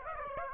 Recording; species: mosquito wingbeat signal from an infrared sensor; Aedes aegypti